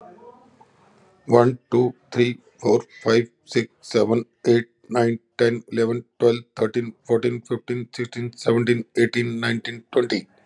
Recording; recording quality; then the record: counting at a fast pace; excellent, no background noise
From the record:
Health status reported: recovered from COVID-19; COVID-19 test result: positive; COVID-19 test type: RT-PCR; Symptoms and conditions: diabetes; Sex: male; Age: 56 years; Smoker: yes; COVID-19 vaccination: both doses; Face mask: worn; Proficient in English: yes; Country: India